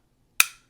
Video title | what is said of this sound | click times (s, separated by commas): Modified SIG P320 Comparison and Drop Test. 🤠 | You hear that click? That's the sear going back into position. | 0.4 s